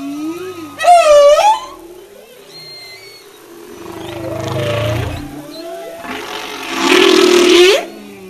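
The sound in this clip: Humpback whale song: a sweeping moan, a rich rising-falling cry, low grunts, then a broad roaring wail, with faint high whistles between.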